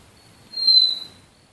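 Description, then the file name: Hooded antpitta call: one thin, high whistle, even in pitch and easing slightly downward, under a second long against quiet background hiss. "Grallaricula cucullata"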